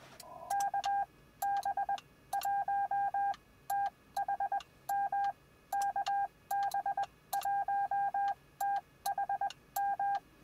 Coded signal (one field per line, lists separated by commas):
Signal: Morse code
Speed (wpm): 20 wpm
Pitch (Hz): 800 Hz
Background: none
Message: KB1THM KB1THM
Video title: Successful QRP Contacts with 5 Watts in the Field